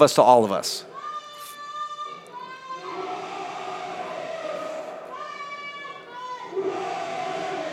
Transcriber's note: Video clip plays of a young boy leading a soccer chant in a stadium of 30,000 Eindhoven fans